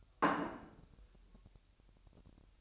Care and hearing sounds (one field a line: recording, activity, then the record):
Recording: daily activity, microphone in the room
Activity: place plate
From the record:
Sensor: 2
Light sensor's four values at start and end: 8/28/11/10 and 8/28/11/10